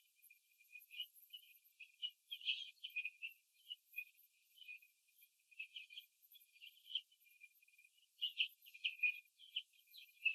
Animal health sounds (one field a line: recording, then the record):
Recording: young laying hens in a cage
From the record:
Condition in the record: before the stressor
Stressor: simulated dog barking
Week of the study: 2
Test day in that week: 3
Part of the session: 1